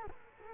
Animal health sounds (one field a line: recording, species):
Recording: mosquito wingbeat signal from an infrared sensor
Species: Culex quinquefasciatus